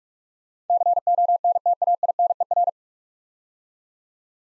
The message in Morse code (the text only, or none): CONTAINER